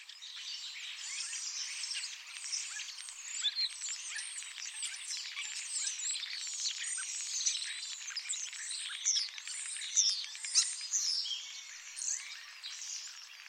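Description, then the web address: Birds calling: a dense, continuous chorus of many overlapping chirps, whistles and twittering notes throughout, with no pauses. "Deverinetal 2025. Bird Only"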